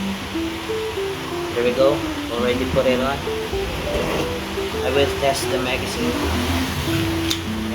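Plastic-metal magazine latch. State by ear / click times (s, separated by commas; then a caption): seated / 7.3 s. Someone talks while a magazine is inserted into the grip of an airsoft Glock pistol fitted with a new aluminum magazine release, built to replace a 3D-printed release that failed. A single sharp click at 7.3 s marks the magazine catching, and it now locks in place.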